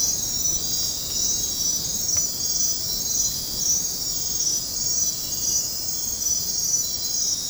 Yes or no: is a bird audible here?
no